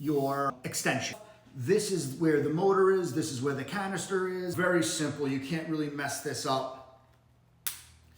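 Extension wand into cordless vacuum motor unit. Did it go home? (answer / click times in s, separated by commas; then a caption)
yes / 7.7 s. Someone talks while the extension wand of a Miele Duoflex HX1 Total Care cordless vacuum is pushed onto the motor and canister unit. A sharp click at 7.7 s marks the wand snapping into place, and it is seated.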